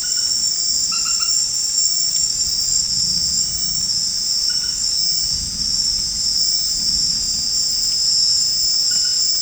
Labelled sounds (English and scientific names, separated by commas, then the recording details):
none
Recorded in secondary vegetation near Puerto Asís, Putumayo, Colombia, on 13 March 2025 at 22:00
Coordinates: 0.484, -76.319
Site G010